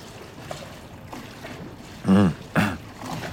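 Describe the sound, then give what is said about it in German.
Harbor ambience by the sea at the old harbor of Tel Aviv: a steady, soft wash of water with faint boat noise, broken near the end by two short, loud, tonal bursts that sound like voices or calls. “Sie schlenderten dem Meer entlang zur Promenade am alten Hafen von Tel Aviv”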